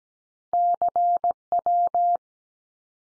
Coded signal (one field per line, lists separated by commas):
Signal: Morse code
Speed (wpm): 17 wpm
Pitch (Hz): 700 Hz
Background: none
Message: CW